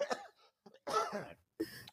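Three or four short, harsh cough bursts, close up in a small room.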